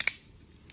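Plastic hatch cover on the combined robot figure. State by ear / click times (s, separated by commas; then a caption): seated / 0.0 s, 0.1 s. A small plastic hatch cover on a combined Soul of Chogokin GX-95 Gordian robot figure is closed by hand and snaps shut with two sharp clicks at 0.0 and 0.1 seconds. A fainter tick follows at 0.7 seconds. The hatch is clipped securely in place.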